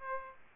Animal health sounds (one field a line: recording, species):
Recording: mosquito wingbeat signal from an infrared sensor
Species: Aedes aegypti